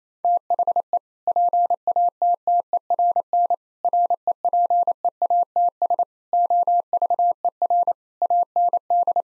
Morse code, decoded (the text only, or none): THE PATTERN REPEATS OVER AND